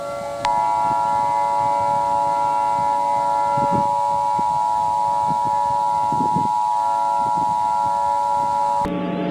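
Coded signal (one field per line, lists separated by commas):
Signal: Emergency Alert System (SAME) tones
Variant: 853 and 960 Hz attention tone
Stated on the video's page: Fictional EAS scenario.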